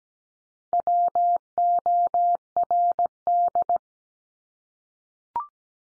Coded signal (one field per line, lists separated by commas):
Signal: Morse code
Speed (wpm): 17 wpm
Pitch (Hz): 700 Hz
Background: none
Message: WORD